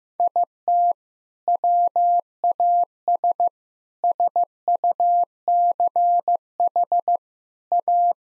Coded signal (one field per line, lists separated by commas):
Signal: Morse code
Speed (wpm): 15 wpm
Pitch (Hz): 700 Hz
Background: none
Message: IT WAS SUCH A